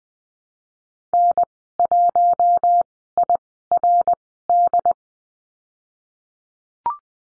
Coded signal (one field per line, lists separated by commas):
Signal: Morse code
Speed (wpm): 19 wpm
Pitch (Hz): 700 Hz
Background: none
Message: N1IRD